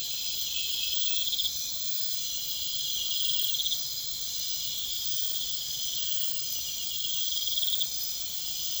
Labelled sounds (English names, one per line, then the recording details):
none
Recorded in pastures near Puerto Asís, Putumayo, Colombia, on 21 December 2024 at 23:00
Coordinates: 0.472, -76.329
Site G072